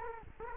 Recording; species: mosquito wingbeat signal from an infrared sensor; Culex quinquefasciatus